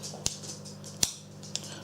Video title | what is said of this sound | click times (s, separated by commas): Stripping and Tuning the HW97KT Part 2 - The Tuning/Polishing process | be a nice solid click | 1.0 s